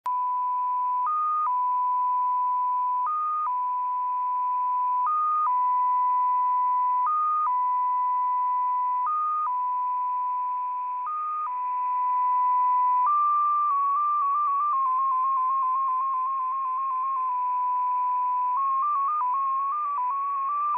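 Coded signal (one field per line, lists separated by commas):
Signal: numbers station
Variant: XPA2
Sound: steady tone with six brief higher blips, then fast-stepping warbling tones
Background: radio static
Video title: XPA2 Data Mode 27/09/2023 0910 UTC 18206kHz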